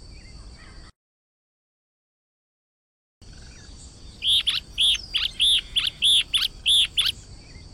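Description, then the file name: Yellow-bellied elaenia song: after a gap, a rapid series of many short, high notes. "Canto do Guaracava de barriga amarela"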